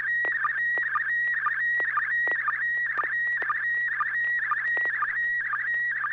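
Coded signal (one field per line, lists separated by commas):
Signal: SSTV (slow-scan television)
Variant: PD 120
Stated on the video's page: SSTV net on a 441.300 MHz FM repeater, with images sent using MMSSTV software.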